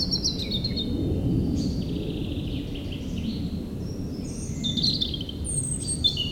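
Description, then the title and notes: European robin song, thin high warbled phrases and trills over a heavy, continuous low roar of aircraft. Singing in Meerdaalbos, a huge forest at Oud-Heverlee, Belgium, recorded with planes taking off. "3051 Oud-Heverlee, Belgium - Meerdaalbos. Into the huge forest called Meerdaalbos, the European Robin singing, and planes takeoffs"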